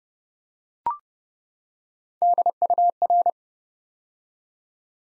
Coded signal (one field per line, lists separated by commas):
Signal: Morse code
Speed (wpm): 28 wpm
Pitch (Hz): 700 Hz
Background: none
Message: DUR